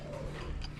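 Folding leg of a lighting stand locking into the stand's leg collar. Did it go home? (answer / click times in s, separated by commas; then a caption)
no / none. The metal folding legs of a lighting stand are spun around by hand toward their locked position in the stand's leg collar, with low rumbling handling noise and a brief sharper sound near 0.6 seconds. Nothing has seated or clicked into place yet.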